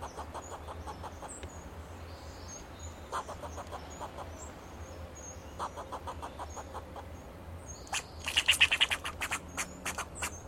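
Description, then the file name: Fox squirrel uttering short clucks in bursts, with a louder, faster run near the end, faint high chirps and a low background hum. "Sound of a Fox Squirrel"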